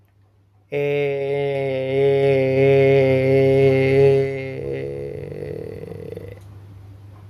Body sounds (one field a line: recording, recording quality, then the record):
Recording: sustained vowel as in made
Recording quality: excellent, no background noise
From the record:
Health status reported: healthy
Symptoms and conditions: none ticked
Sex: male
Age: 21 years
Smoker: not ticked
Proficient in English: yes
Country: India